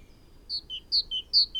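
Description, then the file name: Great tit song: a bright two-note phrase, high then lower, repeated three times in quick, even rhythm, with faint background hiss. "Parus major"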